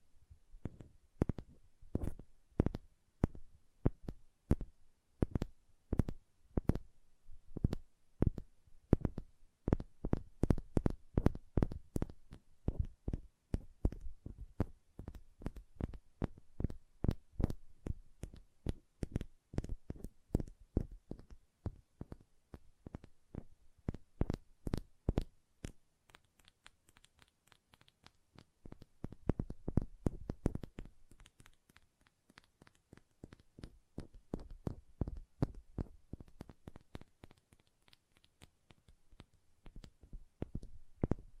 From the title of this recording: ASMR Hand Sounds, Nail Tapping and Lotion Sounds